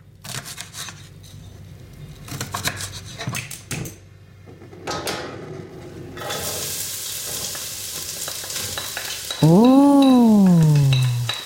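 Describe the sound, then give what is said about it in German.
Irregular scraping and clattering of stirring gives way to a steady, loud sizzle of food frying as someone cooks, and near the end a bright pitched tone swoops up and down over the hiss. “Jemand macht Essen. Er kocht.”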